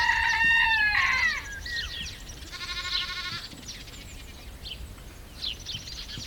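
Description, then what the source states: Goat giving a quavering, pulsed bleat, after louder wavering calls at the start and before faint scattered calls. Countryside ambience recorded at a goat camp.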